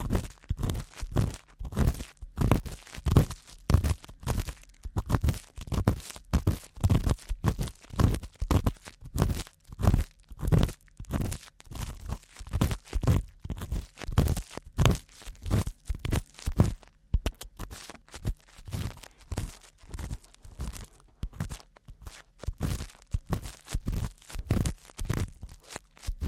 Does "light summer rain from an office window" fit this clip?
no